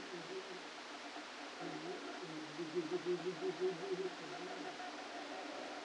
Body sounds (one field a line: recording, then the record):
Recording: brain microelectrode recording played as sound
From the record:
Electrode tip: outside the subthalamic nucleus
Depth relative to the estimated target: -6 mm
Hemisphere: right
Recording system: NeuroSet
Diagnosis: Parkinson's disease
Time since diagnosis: 13 years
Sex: male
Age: 49 years